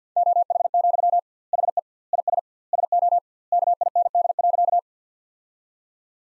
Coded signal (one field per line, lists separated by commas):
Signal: Morse code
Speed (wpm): 50 wpm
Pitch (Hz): 700 Hz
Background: none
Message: OH, HE IS SO KIND.